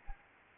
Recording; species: mosquito wingbeat signal from an infrared sensor; Anopheles arabiensis